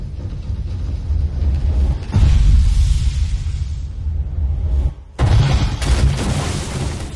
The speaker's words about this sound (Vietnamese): Tiếng nổ khủng khiếp vang lên, lửa mịt trời. Con voi to tướng bị vụ nổ hất tung một đoạn khá xa.